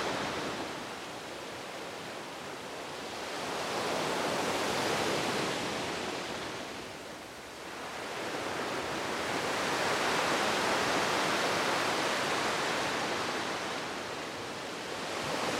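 Gentle waves wash in a slow, even rhythm, a soft hiss of surf that swells to a broad peak around five seconds, eases near seven, then rises again and holds through the end. The sound is dense and airy, with little low rumble.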